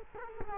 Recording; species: mosquito wingbeat signal from an infrared sensor; Culex quinquefasciatus